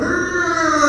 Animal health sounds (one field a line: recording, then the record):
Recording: squeal of a Yucatan mini pig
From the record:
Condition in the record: after surgery on the right vocal fold (resection and tissue-engineered implant)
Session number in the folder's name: 7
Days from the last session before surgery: 47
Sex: female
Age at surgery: 19 weeks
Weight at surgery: 25 kg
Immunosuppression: prednisolone